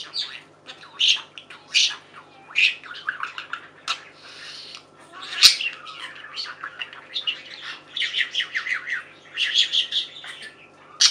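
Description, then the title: Budgerigar warbling, busy and unbroken, a mix of chirps, clicks and buzzy notes with a faint steady hum beneath. "Budgie Sounds"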